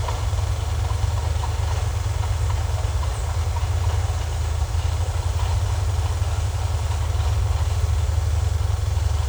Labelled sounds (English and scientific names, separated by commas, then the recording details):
none
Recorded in secondary vegetation near Puerto Asís, Putumayo, Colombia, on 18 December 2024 at 14:00
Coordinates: 0.468, -76.324
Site G095